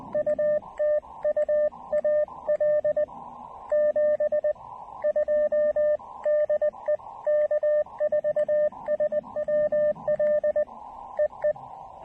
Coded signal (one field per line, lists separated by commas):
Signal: Morse code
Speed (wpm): 20 wpm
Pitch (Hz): 590 Hz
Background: radio noise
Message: U TU AL 72 DE K4SWL EE